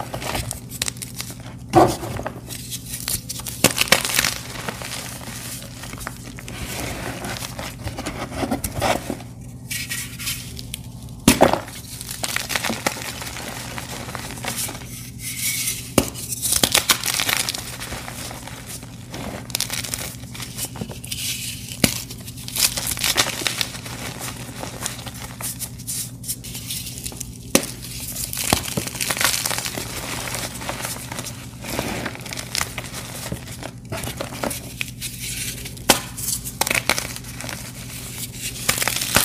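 Blocks of crispy dyed gym chalk dipped in dusty paste are crushed and crumbled in a steady run of crinkly, gritty crunches. Sharp snaps and cracks break through every few seconds over a low constant hum that persists throughout.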